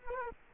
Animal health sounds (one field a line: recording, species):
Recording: mosquito wingbeat signal from an infrared sensor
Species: Culex quinquefasciatus